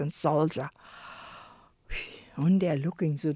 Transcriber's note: breathes sharply